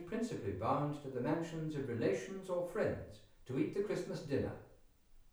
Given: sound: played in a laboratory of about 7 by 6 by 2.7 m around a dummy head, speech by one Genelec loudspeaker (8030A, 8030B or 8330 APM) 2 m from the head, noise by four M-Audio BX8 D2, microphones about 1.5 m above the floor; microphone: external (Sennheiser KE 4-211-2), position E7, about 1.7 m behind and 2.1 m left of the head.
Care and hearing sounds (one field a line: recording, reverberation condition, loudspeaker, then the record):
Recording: male speech in English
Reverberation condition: medium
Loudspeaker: 30 degrees to the left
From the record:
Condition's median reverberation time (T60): about 510 ms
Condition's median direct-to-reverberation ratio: about -0.5 dB